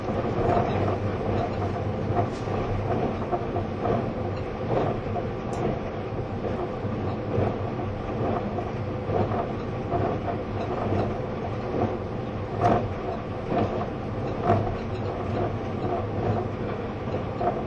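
A train runs steadily with a dense low rumble and rhythmic clacking, sharp metallic clicks around 2, 5.5, 12.5 and 14.5 seconds.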